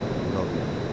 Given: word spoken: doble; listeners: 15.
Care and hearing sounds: one Spanish word in noise, from a listening test; speech-shaped noise; -4.7 dB; 4 of 15; 6 of 15; 0.53 s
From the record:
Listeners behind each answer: 6, 4, 2, 1, 1, 1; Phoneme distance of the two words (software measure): 10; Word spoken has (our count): 2 syllables, 5 phonemes, stress on syllable 1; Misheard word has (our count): 2 syllables, 5 phonemes, stress on syllable 1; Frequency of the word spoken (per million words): 87.52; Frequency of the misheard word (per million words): 4.83

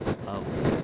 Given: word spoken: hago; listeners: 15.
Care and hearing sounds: one Spanish word in noise, from a listening test; noise modulated by three-talker babble; -4.4 dB; 0 of 15; 6 of 15; 0.44 s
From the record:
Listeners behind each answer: 6, 2, 2, 1, 1, 1, 1, 1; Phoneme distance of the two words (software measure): 17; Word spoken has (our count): 2 syllables, 3 phonemes, stress on syllable 1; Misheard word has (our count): 2 syllables, 4 phonemes, stress on syllable 1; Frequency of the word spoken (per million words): 36.79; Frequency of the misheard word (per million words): 358.56

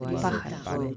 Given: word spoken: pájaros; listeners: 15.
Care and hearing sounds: one Spanish word in noise, from a listening test; four-talker babble; 0.1 dB; 3 of 15; 7 of 15; 0.57 s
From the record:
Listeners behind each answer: 7, 3, 2, 1, 1, 1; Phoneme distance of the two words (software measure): 17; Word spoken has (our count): 3 syllables, 7 phonemes, stress on syllable 1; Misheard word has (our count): 3 syllables, 6 phonemes, stress on syllable 1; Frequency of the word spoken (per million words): 21.06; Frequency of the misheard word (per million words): 0.81

